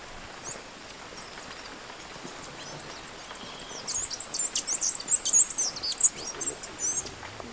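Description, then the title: Bird song: faint high notes over steady hiss, then from about halfway a dense burst of very high, squeaky twittering notes. "LuckyPassaro Completos2Sama"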